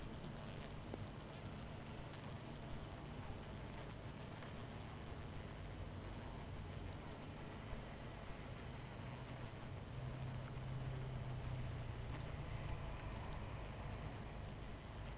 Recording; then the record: honeybee colony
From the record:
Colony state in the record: missing queen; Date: 14 July 2017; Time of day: 23:50